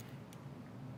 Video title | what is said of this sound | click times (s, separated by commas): $4100 ModMonday PC Build with Dish – Giveaways + NZXT H710i (12900k / EVGA RTX 3080Ti FTW3) | Click. Okay, that one's good. | 0.3 s